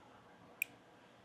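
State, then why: Seated. A brake light switch wiring connector is pushed into its mating plug on a new front brake master cylinder on the handlebar of a Harley motorcycle, as part of a braking upgrade. Against a quiet background, a single short, sharp snap sounds at 0.6 s. The connector is seated.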